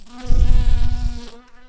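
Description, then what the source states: Shrill carder bee buzz: a steady droning hum rich in overtones, swelling louder in the middle, then settling back to a quieter hum. Worker bumblebees.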